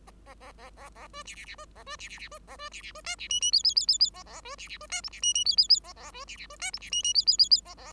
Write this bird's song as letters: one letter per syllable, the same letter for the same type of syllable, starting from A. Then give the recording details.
A A A A A B C C C B A B C C C B A B C C B D C E E F F F F F A A B C C B D G C E E F F F A A B C C B D G C E E F F F F A A. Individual Bird5